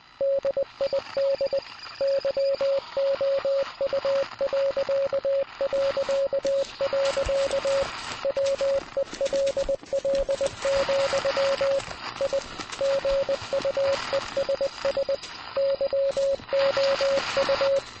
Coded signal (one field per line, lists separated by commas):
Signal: Morse code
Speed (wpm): 20 wpm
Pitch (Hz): 550 Hz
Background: radio noise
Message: DID YOU... WELL, I GUESS YOU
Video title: Morse code